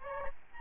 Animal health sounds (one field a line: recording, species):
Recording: mosquito wingbeat signal from an infrared sensor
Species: Aedes albopictus